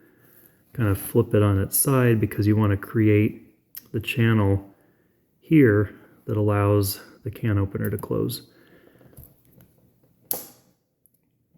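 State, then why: Seated. Someone talks while a channel is filed into a modified Victorinox Alox pocket knife with aluminium scales, so the can opener can fold closed. Faint ticks follow around 9.2–9.6 s, then the implement snaps home against the backspring with a sharp click at 10.3 s. It sits flush and is seated.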